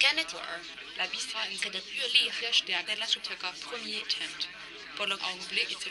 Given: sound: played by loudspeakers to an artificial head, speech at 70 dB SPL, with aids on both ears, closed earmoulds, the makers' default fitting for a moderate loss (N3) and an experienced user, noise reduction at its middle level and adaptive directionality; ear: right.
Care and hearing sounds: speech test signal (ISTS) in cocktail-party noise; +3 dB; on the right (90 degrees)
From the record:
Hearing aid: class 2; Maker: B

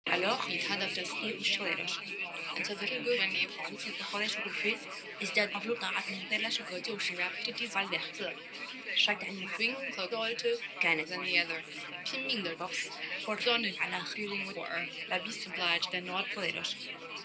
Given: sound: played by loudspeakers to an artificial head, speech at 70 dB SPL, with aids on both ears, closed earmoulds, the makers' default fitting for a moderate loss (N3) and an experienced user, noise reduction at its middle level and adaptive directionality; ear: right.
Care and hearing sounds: speech test signal (ISTS) in cocktail-party noise; 0 dB; in front (0 degrees)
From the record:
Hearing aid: class 2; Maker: I

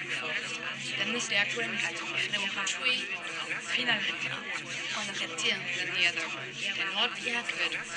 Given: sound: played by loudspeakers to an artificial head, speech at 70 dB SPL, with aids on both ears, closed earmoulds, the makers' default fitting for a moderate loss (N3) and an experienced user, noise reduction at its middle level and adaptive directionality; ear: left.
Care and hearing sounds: speech test signal (ISTS) in cocktail-party noise; -3 dB; in front (0 degrees)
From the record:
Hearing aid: class 2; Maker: G

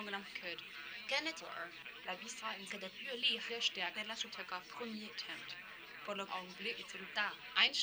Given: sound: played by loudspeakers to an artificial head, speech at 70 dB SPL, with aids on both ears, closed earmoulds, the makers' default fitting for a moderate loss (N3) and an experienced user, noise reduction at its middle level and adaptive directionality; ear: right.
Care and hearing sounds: speech test signal (ISTS) in cocktail-party noise; +6 dB; on the right (90 degrees)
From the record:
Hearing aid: class 2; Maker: F

